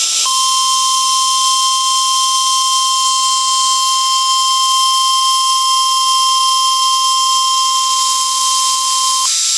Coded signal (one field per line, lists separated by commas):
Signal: Emergency Alert System (SAME) tones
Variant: 1050 Hz attention tone